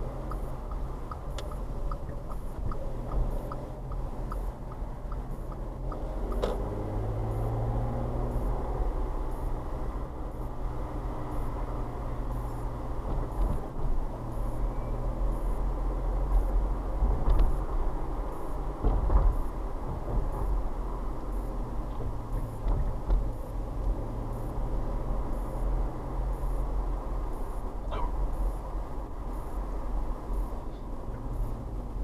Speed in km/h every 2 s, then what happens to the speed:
19, 18, 19, 23, 29, 29, 27, 29, 32, 34, 32, 27, 29, 31, 31, 29.
0-5 steady at about 19. 5-8 speeds up to 29. 8-13 steady at about 29. 13-17 speeds up to 34. 22-32 steady at about 29.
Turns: 0-6.